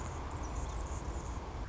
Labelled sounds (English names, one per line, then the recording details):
Anna's Hummingbird
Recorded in Sonoma County, California